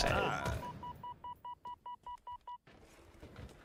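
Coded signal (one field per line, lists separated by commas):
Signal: none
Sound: video game ping beeps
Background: speech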